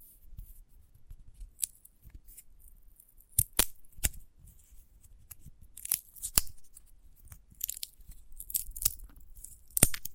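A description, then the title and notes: Crisp handling of a sunflower head: sharp clicks and scratchy rustles in irregular bursts, loudest near 3.5, 4, 6, and 10 seconds, over a low rumble. ASMR of a Sunflower Head (No Talking).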